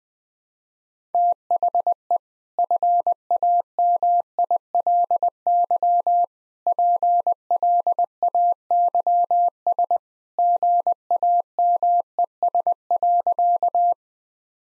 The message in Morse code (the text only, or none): THE FAMILY PLAYS GAMES.